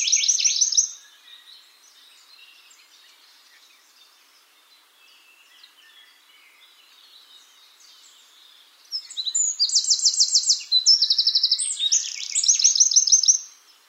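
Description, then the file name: Eurasian wren song: a brief trilled burst at the start, a long quiet gap with faint twitters, then a loud, rapid, high trilling phrase near the end. "Troglodytes troglodytes"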